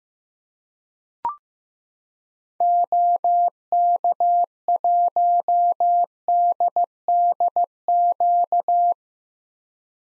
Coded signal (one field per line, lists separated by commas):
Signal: Morse code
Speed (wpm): 15 wpm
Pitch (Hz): 700 Hz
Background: none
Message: OK1DDQ